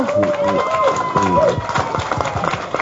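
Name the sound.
audience applause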